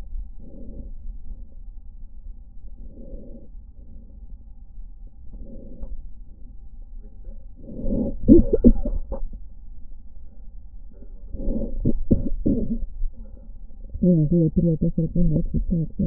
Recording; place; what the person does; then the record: lung sounds by stethoscope; left posterior basal chest; quiet breathing, then cough and speech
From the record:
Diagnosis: interstitial lung disease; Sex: female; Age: 70 years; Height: 160 cm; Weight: 93 kg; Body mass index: 36.3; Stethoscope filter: diaphragm mode